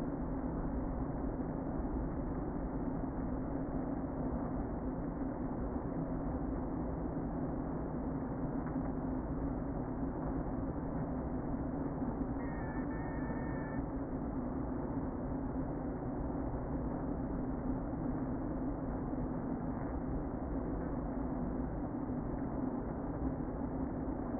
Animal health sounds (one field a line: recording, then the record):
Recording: honeybee colony, microphone inside the hive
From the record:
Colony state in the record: queen present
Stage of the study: before two queens were removed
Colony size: about 60,000 bees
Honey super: yes